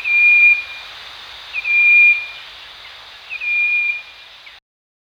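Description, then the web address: Striped wren-babbler calling: three pure, even whistles, each introduced by a brief faint note, spaced about 1.7 seconds apart. Danum, 1 March 2008. "DANUM 20080301. striped wren-babbler"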